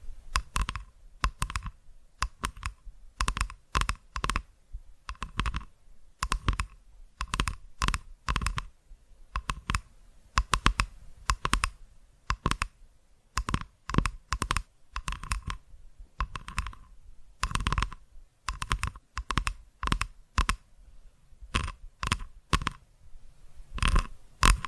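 Crisp, rapid tapping clicks arrive in quick uneven bursts throughout, like fingers rattling on a keyboard, with brief pauses between flurries.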